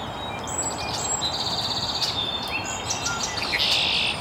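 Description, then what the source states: Birds chirping, a mix of long buzzy trills, short whistles and sweeping notes overlapping steadily over a constant hiss. Chirping very early in the morning in an estuary.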